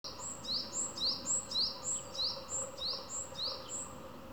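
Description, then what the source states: Japanese tit repeating a two-part phrase, a high thin note then a lower sweeping one, roughly eight times in a fast rhythm. Repeated tsu-pee tsu-pee song; the tone and rhythm of the voice change subtly partway through.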